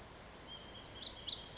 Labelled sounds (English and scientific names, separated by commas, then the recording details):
Pacific Wren (Troglodytes pacificus)
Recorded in Sonoma County, California